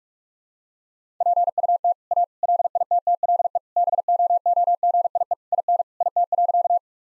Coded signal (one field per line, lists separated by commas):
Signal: Morse code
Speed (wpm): 41 wpm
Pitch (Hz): 700 Hz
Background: none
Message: PUT A LITTLE BOOGIE IN IT.